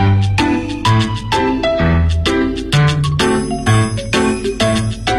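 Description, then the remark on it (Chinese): Bright, bouncy background music from the video game Travel Frog (旅行青蛙), with chiming bell-like notes over a steady plucked bass, playing in a light, cheerful rhythm at a strong, even level with no voices. “刚才我们在上节目之前还在问两位嘉宾有没有就是介入其中，我们先来听一下游戏的 BGM 吧。”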